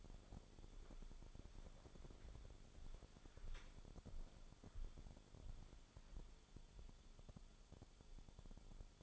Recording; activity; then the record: daily activity, microphone in the room; walk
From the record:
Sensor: 5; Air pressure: 1015.4 hPa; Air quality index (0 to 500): 172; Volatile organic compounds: 6 ppm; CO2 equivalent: 1866 ppm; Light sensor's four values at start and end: 36/82/33/31 and 36/82/33/32